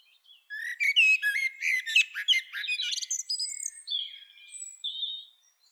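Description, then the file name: Common blackbird song: a burst of fluty warbles and rapid twittering, fading into thin high notes. "Turdus merula"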